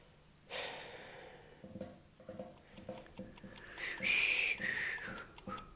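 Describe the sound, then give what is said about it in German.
Nervous finger drumming and whistling by a player during a game: fingers drum in a quick, uneven patter of soft taps, then a short, wavering whistled tune rises over them in a few high notes. Breathing is audible underneath, and nobody speaks. “Ich darf Sie bitten, nicht mit den Fingern zu trommeln und nicht zu pfeifen.”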